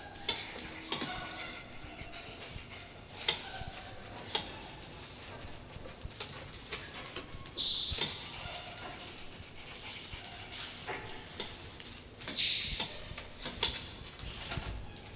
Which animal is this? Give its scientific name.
Nasua narica